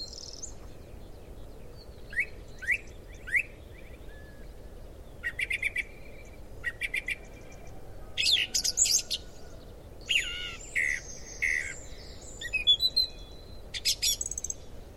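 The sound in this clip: Song thrush song of varied, sharp whistled and scratchy phrases separated by short pauses, some notes repeated two or three times before changing to a new phrase.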